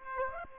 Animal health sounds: mosquito wingbeat signal from an infrared sensor; Aedes aegypti

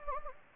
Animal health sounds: mosquito wingbeat signal from an infrared sensor; Anopheles gambiae

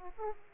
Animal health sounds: mosquito wingbeat signal from an infrared sensor; Aedes aegypti

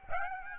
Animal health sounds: mosquito wingbeat signal from an infrared sensor; Aedes aegypti

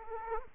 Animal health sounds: mosquito wingbeat signal from an infrared sensor; Aedes aegypti

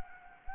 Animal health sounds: mosquito wingbeat signal from an infrared sensor; Anopheles gambiae

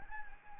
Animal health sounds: mosquito wingbeat signal from an infrared sensor; Anopheles arabiensis

